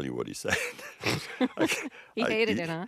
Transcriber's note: soundbite of laughter